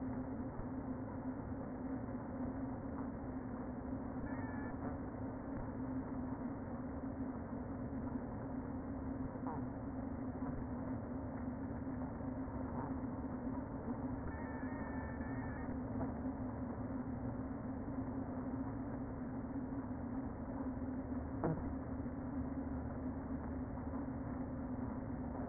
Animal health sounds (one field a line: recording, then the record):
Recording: honeybee colony, microphone inside the hive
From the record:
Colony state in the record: queen present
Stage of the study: before two queens were removed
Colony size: about 60,000 bees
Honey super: yes